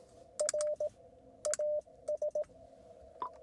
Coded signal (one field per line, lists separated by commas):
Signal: Morse code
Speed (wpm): 17 wpm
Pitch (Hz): 600 Hz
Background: radio noise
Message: R AS